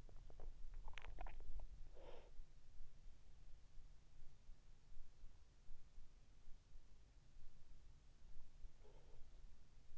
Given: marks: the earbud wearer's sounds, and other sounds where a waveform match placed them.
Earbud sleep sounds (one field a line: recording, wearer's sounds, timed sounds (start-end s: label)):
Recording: sounds in sleep by an in-ear microphone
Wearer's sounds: swallowing, breath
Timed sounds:
0.00-1.78 s: swallowing
1.89-2.44 s: breath